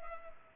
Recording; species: mosquito wingbeat signal from an infrared sensor; Culex pipiens